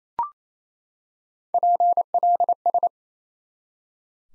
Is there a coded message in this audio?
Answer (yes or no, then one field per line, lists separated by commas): yes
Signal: Morse code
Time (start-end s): 1.5-2.9 s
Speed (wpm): 28 wpm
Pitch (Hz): 700 Hz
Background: none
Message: PLS